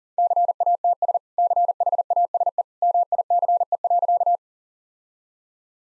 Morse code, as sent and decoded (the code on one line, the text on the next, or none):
-.-. .- - ... / -.-. .... .- ... . / -- .. -.-. . .-.-.-
CATS CHASE MICE.